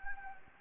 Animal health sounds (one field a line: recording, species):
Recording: mosquito wingbeat signal from an infrared sensor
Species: Anopheles gambiae